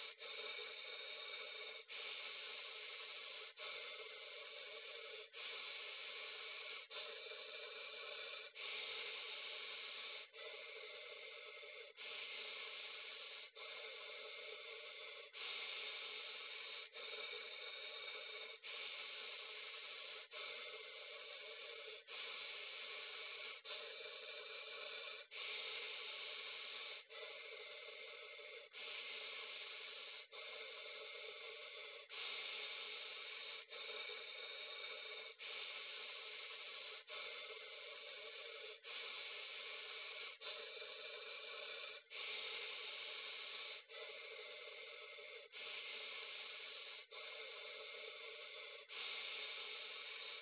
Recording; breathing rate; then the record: paced breathing near a phone; 18 breaths a minute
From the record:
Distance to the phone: 40 cm